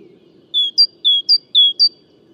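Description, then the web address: Great tit song: three clear two-note phrases, a longer lower whistle followed by a brief higher note, repeated about every half second against a quiet background. "SETE data Parus major"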